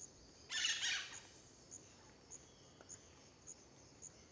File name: parque terra ronca perto da estrada amanhecer periquito, varios passaros, grilo, vaca